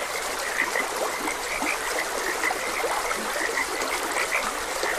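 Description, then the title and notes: Frogs give short, bright croaks at an irregular pace while a stream flows steadily beneath. Frogs croaking beside a gentle stream. "Gentle Stream and Frogs Croaking. Sleep and Relaxation Podcast"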